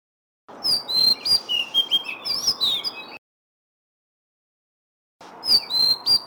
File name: suara kicauan kacer lutung cebu. omkicau